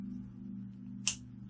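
During transformation of a plastic action figure, a plastic panel is closed and pushed until its peg snaps into its slot on the figure body. Over a steady low hum, a single sharp click is heard at 1.1 s, and the panel is seated in place.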